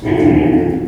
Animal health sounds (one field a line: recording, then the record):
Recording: squeal of a Yucatan mini pig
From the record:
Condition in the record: before surgery on the right vocal fold (resection and tissue-engineered implant)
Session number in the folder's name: 2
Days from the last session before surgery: -15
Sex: female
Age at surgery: 19 weeks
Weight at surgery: 25 kg